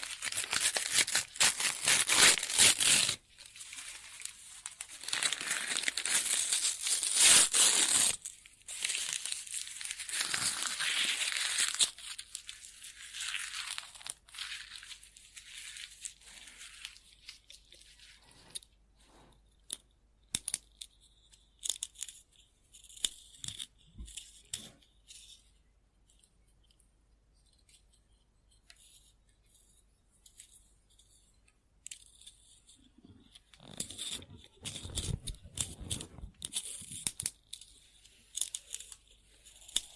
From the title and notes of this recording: Scribbling On Paper.